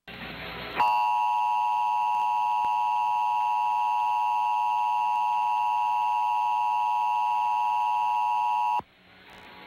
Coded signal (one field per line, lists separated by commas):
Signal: Emergency Alert System (SAME) tones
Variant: 853 and 960 Hz attention tone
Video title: Comcast Emergency Alert System - Required Monthly Test (December 27, 2023)